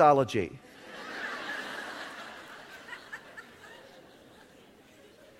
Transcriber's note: laughter